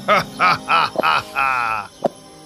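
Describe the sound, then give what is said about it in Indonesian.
A hen, the giant's golden-egg-laying hen in the tale of Jack and the beanstalk, clucks in a quick run of five raspy, nasal calls, the last one drawn out longer, followed by a brief sharp click. “Lalu, dia mengambil seekor ayam betina dan berteriak. Keluarkan telur emas sekarang.”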